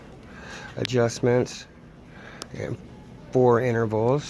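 The leg of a UTG heavy-duty rifle bipod, adjustable from six to nine inches in four intervals, is handled and extended toward a height detent on the leg while someone talks. Nothing has clicked or seated into the detent yet.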